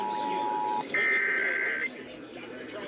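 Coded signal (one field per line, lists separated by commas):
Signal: Emergency Alert System (SAME) tones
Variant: header bursts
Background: speech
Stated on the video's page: Required monthly tests received on Los Angeles broadcast stations.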